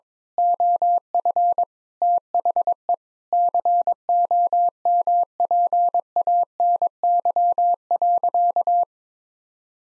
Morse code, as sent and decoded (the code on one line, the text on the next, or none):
--- ..-. / - .... . / -.-. --- -- .--. .- -. -.-- .-.-.-
OF THE COMPANY.